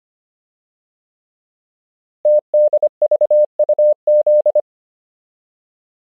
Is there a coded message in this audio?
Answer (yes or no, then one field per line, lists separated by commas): yes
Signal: Morse code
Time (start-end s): 2.3-4.6 s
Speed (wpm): 25 wpm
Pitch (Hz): 600 Hz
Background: none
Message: TDVUZ